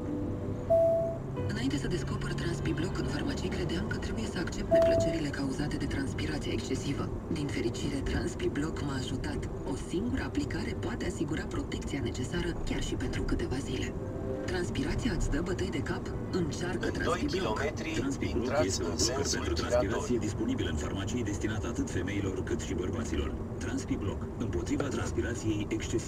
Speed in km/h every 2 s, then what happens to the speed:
40, 44, 44, 44, 42, 42, 43, 46, 46, 48, 46, 45, 43.
0-10 steady at about 42. 10-17 speeds up to 48. 17-26 steady at about 45.